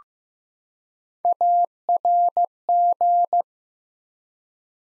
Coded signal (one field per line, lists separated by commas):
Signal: Morse code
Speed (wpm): 15 wpm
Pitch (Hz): 700 Hz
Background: none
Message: ARG